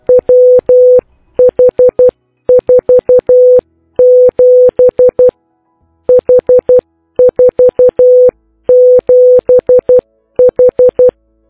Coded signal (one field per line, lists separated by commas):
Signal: Morse code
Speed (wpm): 12 wpm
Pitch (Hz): 500 Hz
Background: music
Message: WH47 H47H